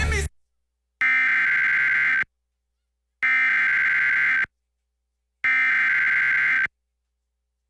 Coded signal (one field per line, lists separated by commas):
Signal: Emergency Alert System (SAME) tones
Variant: header bursts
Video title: EAS Severe Thunderstorm Warning Elizabethtown,KY 7.30.24